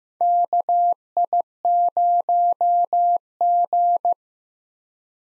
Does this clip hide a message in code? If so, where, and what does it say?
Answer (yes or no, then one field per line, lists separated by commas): yes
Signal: Morse code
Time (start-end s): 0.2-4.1 s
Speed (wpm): 15 wpm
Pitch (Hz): 700 Hz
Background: none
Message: KI0G